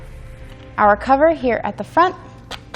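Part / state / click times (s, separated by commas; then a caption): roof rack tower cover onto the tower / not seated / none. Someone handles the plastic front cover of a Yakima Skyline roof rack tower on a 2016 Mazda CX-5, closing it so it will click and secure the tower to its landing pad. Someone talks briefly, followed by a couple of short, sharp handling sounds near the end. The cover has not clicked shut yet, and nothing has seated.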